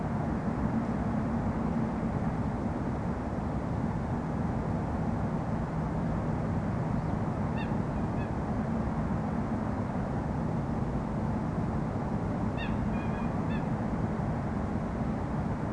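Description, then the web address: Coot flight calls: a few faint notes near eight seconds, then a tighter cluster around thirteen seconds, over a constant low rumble. Nocturnal flight calls recorded at night in Beijing on 12 April 2024. "Coot series. beijing nocturnal flight call library"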